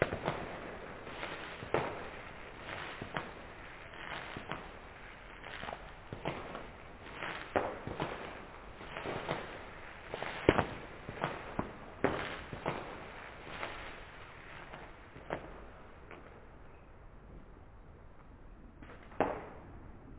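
Fireworks pop and bang up and down the valley, sharp cracks arriving irregularly every second or so over a steady hiss of crackle. The bursts come densely through the first fifteen seconds, then thin out, with one last loud pop near the end.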